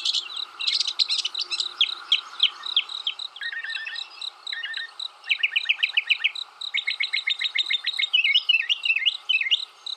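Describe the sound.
Mockingbird song, a rapid medley of varied high phrases, each chirp or trill repeated several times before switching to a new one.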